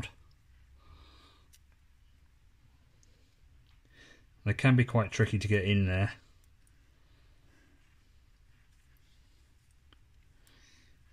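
A crimped wire terminal is lined up and fed into a plastic connector shroud before being pushed home, a fiddly, tricky fit. Faint, quiet handling ticks sit under a low background, and someone talks briefly in the middle. Nothing has seated or clicked yet.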